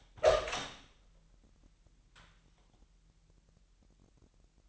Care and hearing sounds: daily activity, microphone in the room; open door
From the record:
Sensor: 3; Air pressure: 998.3 hPa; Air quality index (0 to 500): 144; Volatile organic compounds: 5 ppm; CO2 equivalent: 1719 ppm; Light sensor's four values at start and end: 16/45/18/17 and 16/45/18/17

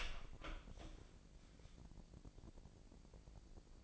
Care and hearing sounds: daily activity, microphone in the room; open door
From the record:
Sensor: 5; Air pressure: 1012.4 hPa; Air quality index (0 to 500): 160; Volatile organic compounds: 2 ppm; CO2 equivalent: 1092 ppm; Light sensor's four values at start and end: 264/641/270/296 and 269/653/274/302

